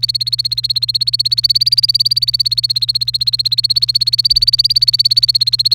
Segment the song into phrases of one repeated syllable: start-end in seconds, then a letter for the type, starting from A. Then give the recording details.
0.00-5.75 A. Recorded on 1 May 2018 at 14:39. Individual llb3